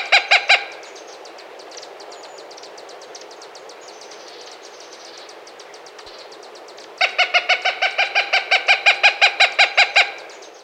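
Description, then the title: Bird song of harsh, nasal notes rapidly repeated, a short burst at the start and a longer run near the end, with faint high ticking between. "LuckyKumpulan SuaraBurung"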